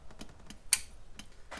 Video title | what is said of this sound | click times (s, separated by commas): Installing A Double Din Radio In My 4th Gen Camaro!!! | so there's the click | 0.7 s